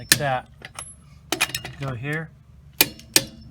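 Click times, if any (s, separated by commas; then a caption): 2.8 s, 3.2 s. Someone talks while tightening a lug nut on a travel trailer wheel with a torque wrench set to 100 ft-lb, with a few short clicky sounds in between. The wrench gives sharp clicks at 2.8 s and 3.2 s, confirming the lug nut has reached the 100 ft-lb setting.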